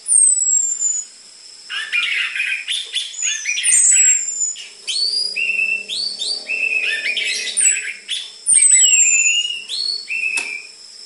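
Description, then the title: Orange-headed thrush song, busy and varied, mixing warbles, slurred chirps and high down-sweeping whistles almost without pause, over a steady shrill background tone. Energetic orange-headed thrush song used as a lure to trigger singing and as dense filler material for tutoring spotted-form (trotol) orange-headed thrushes. "PANCINGAN Anis Merah Gacor Materi Isian Rapat Cocok Untuk MASTERAN Anis Merah TROTOL"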